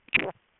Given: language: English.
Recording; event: throat vibration sensor signal played as sound; swallow